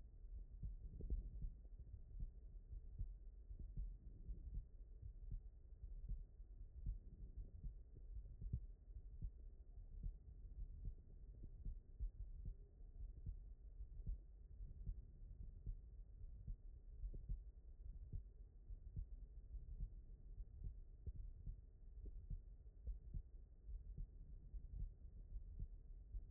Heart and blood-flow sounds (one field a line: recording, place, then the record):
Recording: heart sounds by stethoscope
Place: aortic valve (AV)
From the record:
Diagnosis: non-HFrEF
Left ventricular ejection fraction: 59%